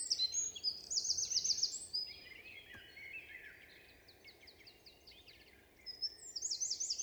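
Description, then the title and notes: Eurasian wren song: loud, fast, high-pitched trills and rattling phrases for two seconds, a quieter stretch, then another vigorous trilled burst at the end. Recorded 27 March 2020 at Val Maravel in forest, stereo, Nagra Seven with MKH8040 microphones; vigorous, nervous song asserting presence to any potential rival. "UN VENT DE TROGLODYTE. 27 mars 2020-Val Maravel - Nagra seven - stéréo - mkh8040 Un Troglodyte mignon (Troglodytes troglodytes) affirme par son chant vigoureux sa présence à tout concurrent potentiel"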